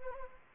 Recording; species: mosquito wingbeat signal from an infrared sensor; Anopheles gambiae